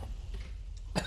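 An adult coughs after something went down the wrong pipe.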